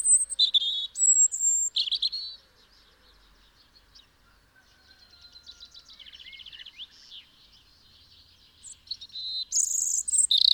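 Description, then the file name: European robin singing thin, high whistled phrases separated by pauses, with a soft trill in the middle and a louder twittering phrase at the end. "Erithacus rubecula"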